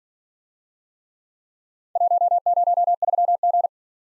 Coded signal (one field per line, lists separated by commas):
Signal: Morse code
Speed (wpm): 47 wpm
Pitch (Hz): 700 Hz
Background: none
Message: 103G